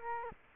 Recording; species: mosquito wingbeat signal from an infrared sensor; Culex quinquefasciatus